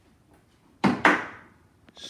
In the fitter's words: on and then snaps